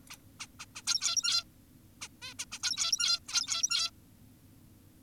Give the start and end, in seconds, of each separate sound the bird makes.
0.10-0.17, 0.40-0.47, 0.60-0.66, 0.76-0.83, 0.87-1.44, 2.02-2.08, 2.22-2.34, 2.39-2.45, 2.52-2.60, 2.63-3.20, 3.28-3.91